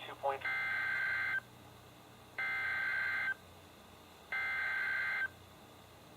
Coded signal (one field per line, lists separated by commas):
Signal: Emergency Alert System (SAME) tones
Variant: header bursts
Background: speech